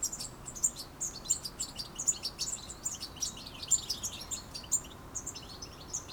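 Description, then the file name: European goldfinch chatter, quick high chirps and thin slurred notes run together in a busy stream, light background hiss. "Carduelis carduelis"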